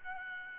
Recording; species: mosquito wingbeat signal from an infrared sensor; Aedes albopictus